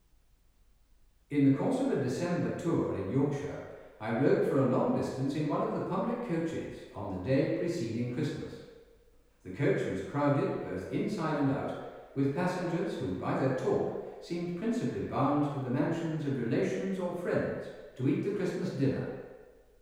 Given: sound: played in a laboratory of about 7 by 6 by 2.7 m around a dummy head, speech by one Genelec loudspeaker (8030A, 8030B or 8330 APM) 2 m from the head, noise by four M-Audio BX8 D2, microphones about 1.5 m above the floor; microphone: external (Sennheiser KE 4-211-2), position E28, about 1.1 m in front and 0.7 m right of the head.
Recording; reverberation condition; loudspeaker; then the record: male speech in English; high; behind (180 degrees)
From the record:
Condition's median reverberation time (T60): about 1300 ms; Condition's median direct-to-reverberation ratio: about -4.0 dB